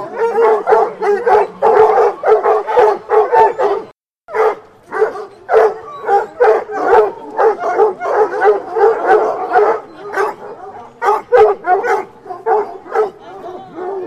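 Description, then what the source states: Several hounds barking and baying at once, a busy stream of short barks and yelps with one short silence near four seconds. Pack of hounds, recorded in 2011.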